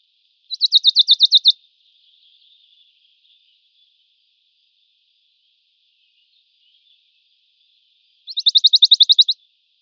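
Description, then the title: Western Bonelli's warbler song: two short, high, dry trills of about a dozen quick, even notes, each lasting about a second and about eight seconds apart, over a faint steady hiss. "Sylvain Jaskowiak - Mes piafs. Pouillot de bonelli (chant)"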